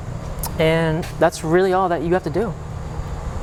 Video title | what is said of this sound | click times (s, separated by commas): Small Town Littleton Electric Light and Water Department | port and you'll hear a click | 0.4 s